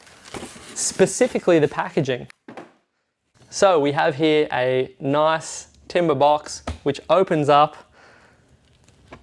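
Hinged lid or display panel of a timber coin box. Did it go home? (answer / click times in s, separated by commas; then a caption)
yes / 9.1 s. Someone talks while opening the hinged lid or display panel of a timber coin presentation box. A few faint taps follow near the end, then a small hit at 9.1 s as the lid locks open into place.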